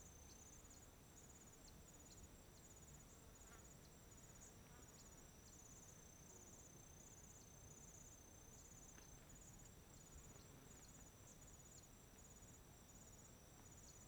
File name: Ventando nas arvores a tarde parque chapada dos veadeiros com grilos, passaros e alguns passos na grama